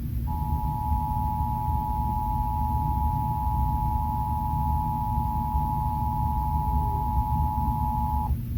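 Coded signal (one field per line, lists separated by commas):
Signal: Emergency Alert System (SAME) tones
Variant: 853 and 960 Hz attention tone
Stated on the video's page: Monthly test relayed on three Oklahoma City TV channels, recorded with a Samsung Galaxy S8.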